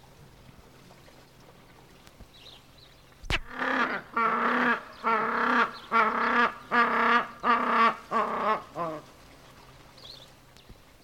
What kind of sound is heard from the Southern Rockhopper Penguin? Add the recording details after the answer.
call. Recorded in captivity. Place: Zoo Berlin, Berlin, DE. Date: 1988-12-28 10:32. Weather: bedeckt, 6 - 7°C. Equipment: Nagra SN. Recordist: Tembrock, Günter